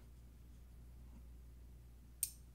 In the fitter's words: there it snapped into place.